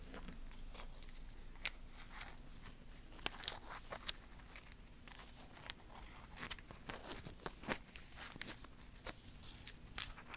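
Tapping and scratching on wood and cork, with sharp, crisp taps landing irregularly every half second or so across the ten seconds. Between taps runs a soft, dry scratching texture, and a low steady hum sits underneath throughout.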